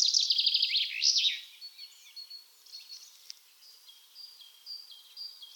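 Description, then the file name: Common chaffinch song cut in partway: a loud run of descending notes and a closing flourish in the first second and a half, then faint high whistles from other birds. "Fringilla coelebs"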